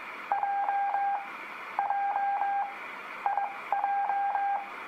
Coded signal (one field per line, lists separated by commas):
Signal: Morse code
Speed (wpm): 21 wpm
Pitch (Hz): 800 Hz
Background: radio noise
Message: J J IJ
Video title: Practice Morse Code With Letters F G H I J for Beginners